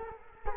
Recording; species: mosquito wingbeat signal from an infrared sensor; Culex quinquefasciatus